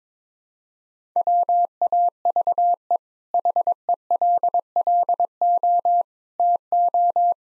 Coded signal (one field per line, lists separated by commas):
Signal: Morse code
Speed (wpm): 22 wpm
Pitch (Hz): 700 Hz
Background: none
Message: WAVE HELLO TO